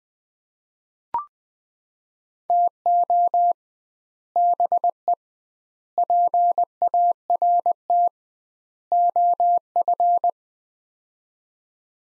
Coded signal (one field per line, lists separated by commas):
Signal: Morse code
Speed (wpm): 21 wpm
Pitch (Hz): 700 Hz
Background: none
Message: TO BE PART OF